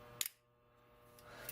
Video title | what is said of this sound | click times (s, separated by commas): KJ4PTD SnapStack Yagi | they snap as you can hear | 0.2 s, 0.3 s